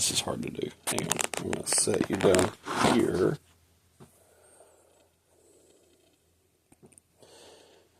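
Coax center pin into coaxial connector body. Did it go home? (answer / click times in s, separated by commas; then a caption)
yes / 7.0 s. Someone talks, then faint handling and rustling follow as the crimped center pin on RG58/RG8X coax is pushed into the coaxial connector body. A small, sharp click at 7.0 s marks the pin seating in the connector body.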